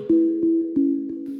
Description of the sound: Tinnitus. The ringing. You try to cover your ears with the palms of your hands... But it won’t go away. It doesn’t help. The ringing is inside you. Its generated in your brain. It’s not a real sound there is, it’s a phantom sound.